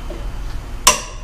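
A click-type torque wrench tightens a bolt on a Triumph Daytona 675R motorcycle. Low background noise runs until a single loud, sharp metallic click at 0.9 s, which rings briefly and fades. The wrench clicks at its set torque, so the bolt is done.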